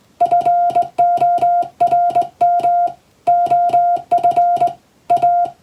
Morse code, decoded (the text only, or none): FORM OF A